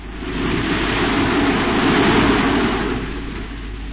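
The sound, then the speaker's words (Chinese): A loud, continuous roar of stormy sea waves and rushing wind, swelling slowly and then easing slightly toward the end, with no voices. “云在飞驰，风在怒吼，大海掀起凶恶的浪涛。”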